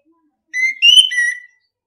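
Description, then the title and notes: Orange-headed thrush song: one short whistled phrase, a clear note followed by a brighter rising-falling slur, lasting about a second, with silence around it. Training song (masteran) in the ngeplong style. "ANIS KEMBANG NGEPLONG. Masteran Anis Kembang"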